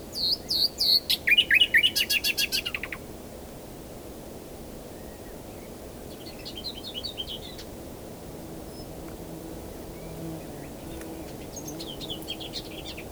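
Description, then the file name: Common nightingale song: high notes and a loud fast rattle in the first three seconds, then long quiet gaps with faint phrases. "Luscinia megarhynchos"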